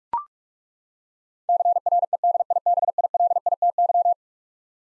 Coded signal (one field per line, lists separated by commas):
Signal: Morse code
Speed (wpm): 41 wpm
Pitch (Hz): 700 Hz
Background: none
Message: CREDIBILITY